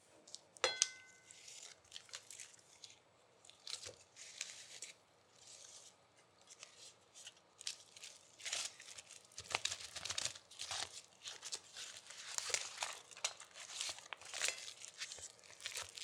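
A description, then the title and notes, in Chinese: Someone unwraps a rice dumpling, peeling back its leaf wrapping. Bright crinkling and tearing come in quick bursts, sparse at first and then denser and busier from about eight seconds on. A sharp tap sounds near the start. 剝粽子。吃粽子。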